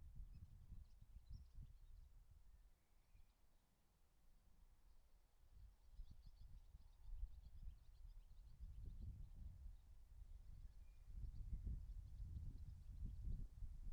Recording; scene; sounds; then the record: everyday scene through a hearing-aid microphone; wind on the microphone; wind, birds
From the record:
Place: in front of a rural house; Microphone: behind the ear, right, rear